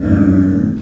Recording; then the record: squeal of a Yucatan mini pig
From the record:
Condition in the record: after surgery on the right vocal fold (resection and tissue-engineered implant); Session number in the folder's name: 7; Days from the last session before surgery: 47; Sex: female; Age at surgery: 19 weeks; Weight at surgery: 25 kg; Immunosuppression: prednisolone